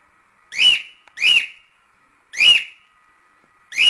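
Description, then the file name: Cockatiel whistling four loud, bright notes at uneven intervals, with a steady faint tone running underneath. Lutino colour form of cockatiel, singing. "canto da calopsita lutino"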